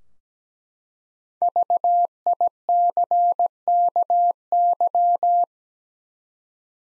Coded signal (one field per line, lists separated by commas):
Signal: Morse code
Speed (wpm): 17 wpm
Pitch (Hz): 700 Hz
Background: none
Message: VICKY